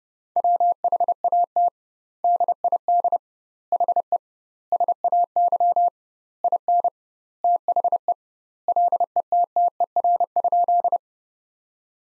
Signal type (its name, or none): Morse code